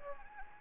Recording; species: mosquito wingbeat signal from an infrared sensor; Anopheles gambiae